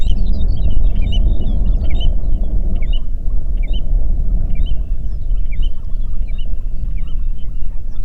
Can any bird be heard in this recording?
yes